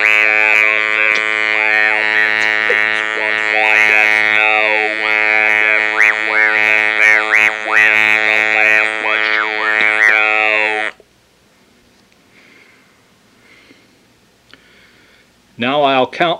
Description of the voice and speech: Normally, one would use the cervox pressed against the neck to achieve this sound. This cervox artificial electrolarynx, that yes, it's 7 inches long. It is shaped like a flashlight.